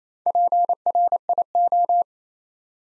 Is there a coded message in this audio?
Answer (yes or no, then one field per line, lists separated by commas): yes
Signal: Morse code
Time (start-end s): 0.3-2.0 s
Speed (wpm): 28 wpm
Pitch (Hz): 700 Hz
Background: none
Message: PRIO